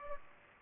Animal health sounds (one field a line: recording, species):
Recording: mosquito wingbeat signal from an infrared sensor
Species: Aedes aegypti